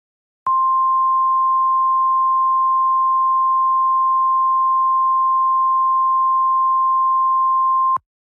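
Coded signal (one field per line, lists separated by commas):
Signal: Emergency Alert System (SAME) tones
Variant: 1050 Hz attention tone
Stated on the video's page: Fictional EAS scenario; may or may not include valid EAS tones.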